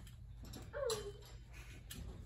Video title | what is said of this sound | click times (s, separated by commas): Instrument Care Clinic by Joe Meckley of Full Scale Band and Orchestra | i hear it click into place turn it to the right it should move easy if it moves easy you know you're good | 1.9 s